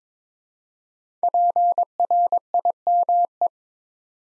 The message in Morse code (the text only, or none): PRIME